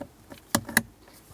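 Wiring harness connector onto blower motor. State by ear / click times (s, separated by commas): seated / 0.8 s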